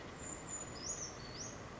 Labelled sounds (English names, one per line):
Brown Creeper